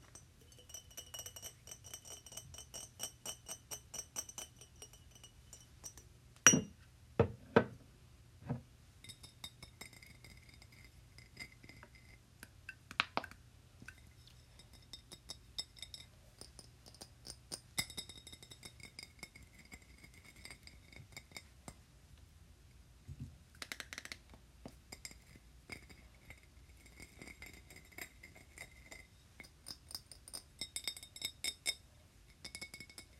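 Glass being tapped and scratched, with quick runs of light ticking clicks through most of the clip. A cluster of sharper, louder taps lands around seven to eight seconds, with more at thirteen and eighteen. A low steady hum sits underneath until about eighteen seconds.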